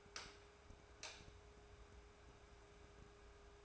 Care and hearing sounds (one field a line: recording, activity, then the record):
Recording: daily activity, microphone in the room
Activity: light on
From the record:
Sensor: 2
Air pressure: 1010.1 hPa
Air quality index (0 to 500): 159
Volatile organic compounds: 7 ppm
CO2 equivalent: 1991 ppm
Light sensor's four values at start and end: 37/88/39/44 and 41/104/45/50